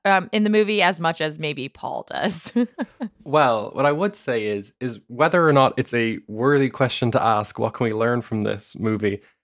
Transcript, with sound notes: In the movie as much as maybe Paul does.
[laughter] Well, what I would say is, is whether or not it’s a worthy question to ask, what can we learn from this movie?